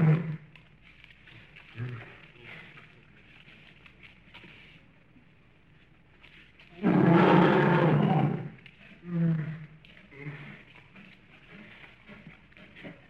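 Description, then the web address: Bear growl: scattered low grunts, then one loud, harsh, rasping growl lasting about two seconds, followed by a few shorter grunts. Bear growling in a zoo or cage. "el oso grune en el zoologico o en la jaula"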